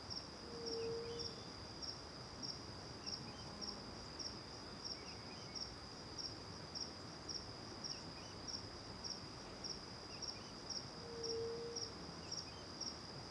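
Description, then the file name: Crickets trilling continuously at a high pitch, with regular pulsing beats throughout, soft scattered bird notes, and two short low tones near the start and end. Morning, back to the river near the Angelica cave; crickets first far then nearby; AB stereo microphone setup. "De costas para o rio perto da caverna angelica de manha, varios passaros, grilos longe e depois perto, gravacao em ab"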